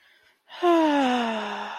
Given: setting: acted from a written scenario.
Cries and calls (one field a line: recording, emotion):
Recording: vocal sound without words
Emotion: serenity